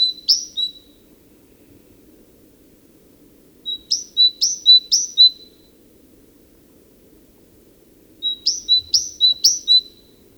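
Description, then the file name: Great tit song in three bursts of two-note phrases, each a sharp high note falling to a steady whistle, separated by pauses of a few seconds. "Parus major"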